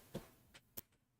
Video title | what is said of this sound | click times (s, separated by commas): LEGO x Yugioh Dark Magician! - Day 5 | Got a little bit of a clicky clack. | 0.8 s